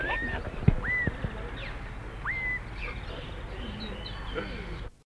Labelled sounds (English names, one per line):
Blue-throated Piping Guan call